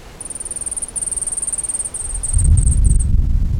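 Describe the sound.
Gilded sapphire calling: rapid series of very thin, high ticking notes in several quick bursts, then a low rumbling noise building at the end.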